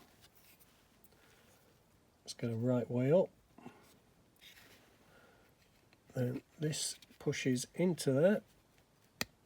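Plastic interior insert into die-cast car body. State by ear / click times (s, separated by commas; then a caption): seated / 9.2 s. Someone talks while pushing the plastic cabin interior of a restored die-cast BMC Mini (Paddy Hopkirk 1964 Monte Carlo Rally) into its metal body. A single sharp click at 9.2 s marks the interior seating home in the body.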